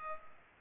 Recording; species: mosquito wingbeat signal from an infrared sensor; Culex pipiens